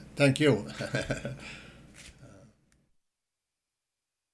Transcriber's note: he laughs